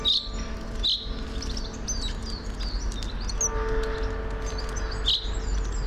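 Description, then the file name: Common chaffinch calls: short, sharp high notes, two close together at the start and another near the end, with softer chirps of other birds and a low hum. "Fringilla coelebs"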